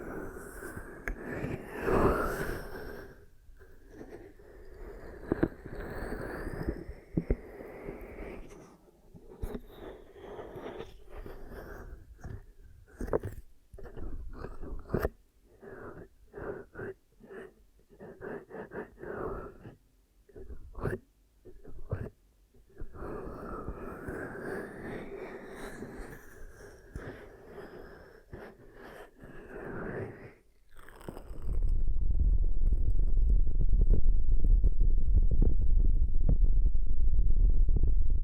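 Soft hands cupping and rubbing in an ASMR session, with muffled swishes and irregular taps, then a loud, steady muffled rumble after thirty seconds.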